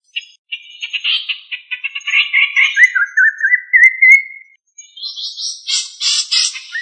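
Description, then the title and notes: Bird song: chattering notes lead into a warbled, wavering whistle that drops then rises, a brief pause, then a burst of high scratchy chatter. Bird songs from Indonesia. "Kicau Burung Indonesia"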